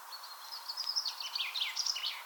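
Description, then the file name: Common chaffinch song: a short, busy run of high notes tumbling downward, partly masked by steady background noise. "Fringilla coelebs"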